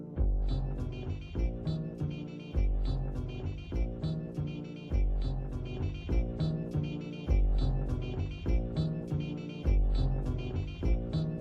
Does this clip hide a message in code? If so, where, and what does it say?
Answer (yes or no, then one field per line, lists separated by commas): no